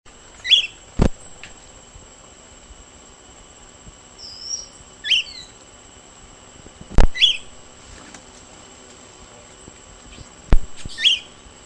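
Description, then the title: Short-crested flycatcher repeating brief, bright whistled calls every few seconds, with a few sharp clicks or taps in between and a faint high hum throughout. "LuckyPassaro Completos2Sama. Short-crested Flycatcher (Myiarchus ferox)"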